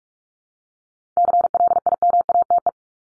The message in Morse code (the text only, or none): CLIMATE